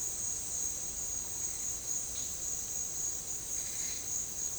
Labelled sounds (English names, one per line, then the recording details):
none
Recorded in dense forest near Puerto Asís, Putumayo, Colombia, on 8 March 2025 at 15:00
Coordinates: 0.467, -76.328
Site G041